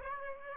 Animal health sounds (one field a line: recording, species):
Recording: mosquito wingbeat signal from an infrared sensor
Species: Aedes aegypti